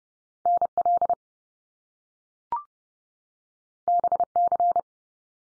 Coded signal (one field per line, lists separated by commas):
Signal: Morse code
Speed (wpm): 30 wpm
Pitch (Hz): 700 Hz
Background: none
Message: NL BC